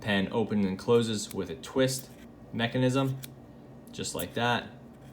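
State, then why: Not seated. Someone talks while handling the twist mechanism of a Lamy Aion ballpoint pen, turning the brushed satin metal barrel to extend or retract the refill. No distinct click stands out from the speech, and nothing has seated or clicked into its locked position yet.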